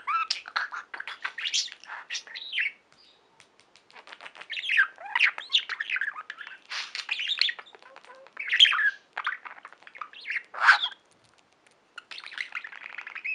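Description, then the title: Budgerigar chatter: bursts of warbling, scratchy chirps and clicks, rising and falling quickly, broken by a few short pauses. "Budgie Sounds"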